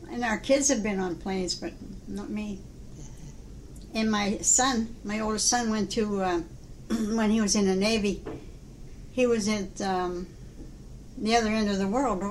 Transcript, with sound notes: And our kids have been on planes, but not me. And my son, my oldest son went to uh— (clears throat) when he was in the Navy—he was at, the other end of the world.